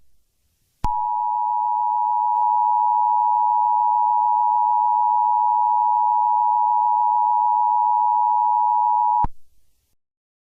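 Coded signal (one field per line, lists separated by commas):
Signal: Emergency Alert System (SAME) tones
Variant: 853 and 960 Hz attention tone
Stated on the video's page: Mock, simulated EAS scenario about a skunk, not a real alert.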